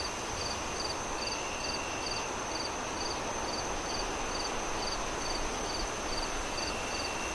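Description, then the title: Crickets chirp in quick, evenly spaced high pulses, while strong wind noise rushes throughout. Crickets chirping on a windy night as the moon rises, with wind howling through the trees. "Relaxing Crickets Sounds On A Windy Night"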